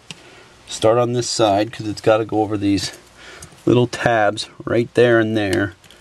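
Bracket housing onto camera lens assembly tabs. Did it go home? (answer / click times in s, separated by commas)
no / none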